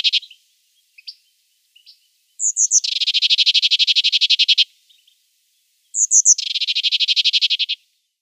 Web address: Schulze Peter Sombre Tit calls